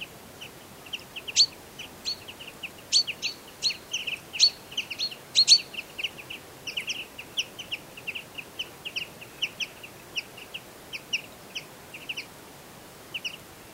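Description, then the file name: Common chaffinch calls: short, sharp notes repeated in quick, uneven runs, with a few higher, brighter notes mixed in near the start, over a faint, steady background hiss. "Fringilla coelebs"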